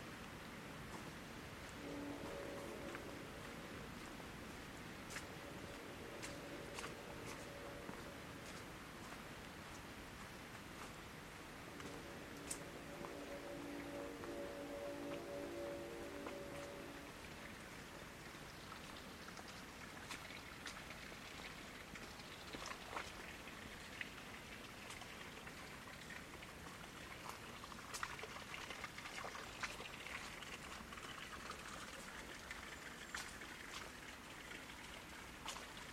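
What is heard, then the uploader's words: A winter park with a steady, dense wash of patter like dripping or light rain running throughout, dotted with frequent sharp ticks and taps. A low engine hum rises twice, around 2 to 8 seconds and again from 11 to 17 seconds, then fades. Forest Park in Winter.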